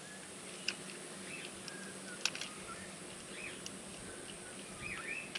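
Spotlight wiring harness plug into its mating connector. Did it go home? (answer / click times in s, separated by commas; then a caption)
no / none. Plastic halves of a spotlight wiring-harness plug are handled against their mating connector while LED spotlights are wired on a 4x4, with short sharp plastic ticks at 0.7, 1.7, 2.3, 2.4 and 5.4 seconds over a steady outdoor hiss and faint bird-like chirps. Nothing has seated or clicked yet by the end.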